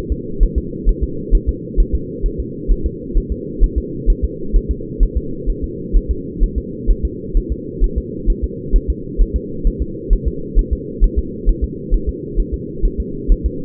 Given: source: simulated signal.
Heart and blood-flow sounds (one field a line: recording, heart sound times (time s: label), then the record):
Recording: fetal heart sounds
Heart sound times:
0.12 s: S2
0.43 s: S1
0.58 s: S2
0.89 s: S1
1.03 s: S2
1.35 s: S1
1.49 s: S2
1.80 s: S1
1.95 s: S2
2.26 s: S1
2.40 s: S2
2.72 s: S1
2.86 s: S2
3.17 s: S1
3.32 s: S2
3.64 s: S1
3.78 s: S2
4.10 s: S1
4.24 s: S2
4.56 s: S1
4.71 s: S2
5.03 s: S1
5.17 s: S2
5.50 s: S1
5.64 s: S2
5.97 s: S1
6.11 s: S2
6.44 s: S1
6.58 s: S2
6.91 s: S1
7.05 s: S2
7.37 s: S1
7.52 s: S2
7.84 s: S1
7.98 s: S2
8.30 s: S1
8.44 s: S2
8.76 s: S1
8.90 s: S2
9.21 s: S1
9.36 s: S2
9.67 s: S1
9.82 s: S2
10.13 s: S1
10.28 s: S2
10.59 s: S1
10.73 s: S2
11.04 s: S1
11.19 s: S2
11.49 s: S1
11.64 s: S2
11.94 s: S1
12.09 s: S2
12.40 s: S1
12.54 s: S2
12.85 s: S1
13.00 s: S2
13.32 s: S1
13.46 s: S2
From the record:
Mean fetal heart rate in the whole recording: 130 bpm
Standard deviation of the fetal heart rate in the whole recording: 2 bpm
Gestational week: 38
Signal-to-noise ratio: -4.3 dB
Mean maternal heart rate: 72 bpm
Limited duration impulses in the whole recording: absent